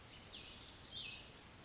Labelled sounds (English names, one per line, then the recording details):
Brown Creeper
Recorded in Sonoma County, California